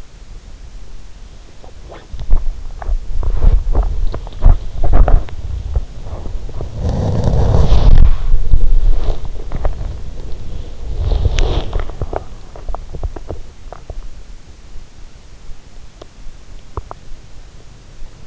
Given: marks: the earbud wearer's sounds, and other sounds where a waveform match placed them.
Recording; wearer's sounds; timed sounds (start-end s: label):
sounds in sleep by an in-ear microphone; body movement, teeth grinding
1.38-11.92 s: body movement
11.92-14.09 s: teeth grinding
16.66-17.13 s: sound from someone else or the room